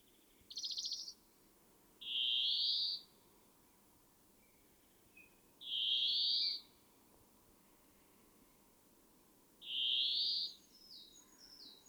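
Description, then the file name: European greenfinch calling with a brief buzzy trill, then three long nasal wheezing calls spaced roughly every three to four seconds, with light background noise. "Chloris chloris"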